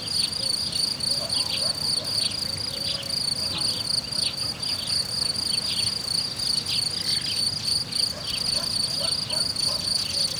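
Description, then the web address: Cricket song, an unbroken high-pitched trill throughout, over low background noise. In nature at Hortobágy, Hungary, in 2014; an insect landed on the left microphone. "allathangok termeszetben tucsok 2014 balmikrofonraraszallorovar hortobagy"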